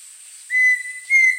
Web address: Natures Songs S America Eastern Lowlands. Pheasant Cuckoo